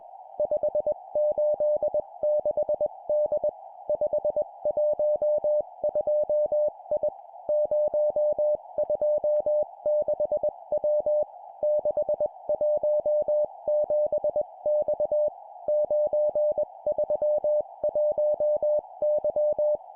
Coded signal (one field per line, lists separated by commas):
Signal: Morse code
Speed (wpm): 21 wpm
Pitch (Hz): 600 Hz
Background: music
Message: 586D 512I 026W 617X 931Y